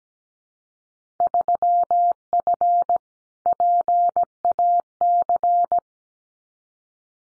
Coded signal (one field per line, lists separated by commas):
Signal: Morse code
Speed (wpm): 17 wpm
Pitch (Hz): 700 Hz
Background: none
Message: 3F PAC